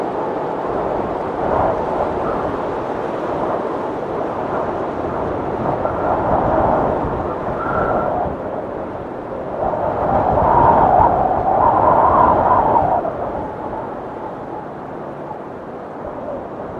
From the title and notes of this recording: Immersive Windstorm Sounds.